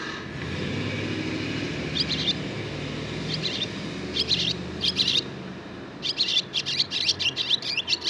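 Barn swallow song: high chattering twitters starting after two seconds, growing into a rapid scratchy series over a low droning background noise.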